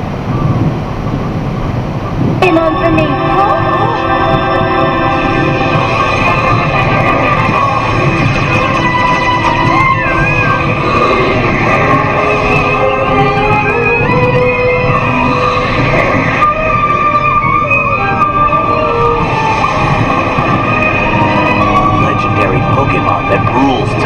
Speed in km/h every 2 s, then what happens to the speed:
112, 112, 112, 112, 112, 112, 112, 112, 113, 112, 112, 112.
0-24 steady at about 112.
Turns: none.